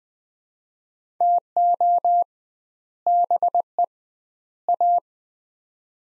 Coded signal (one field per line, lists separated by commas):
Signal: Morse code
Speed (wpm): 20 wpm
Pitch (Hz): 700 Hz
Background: none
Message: TO BE A